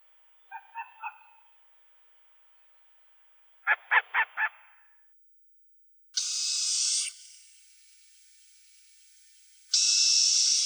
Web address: dzwieki sowy syk sowy blotnej